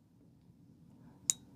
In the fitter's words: Clicks in place really good you can hear it